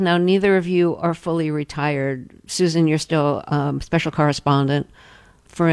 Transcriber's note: none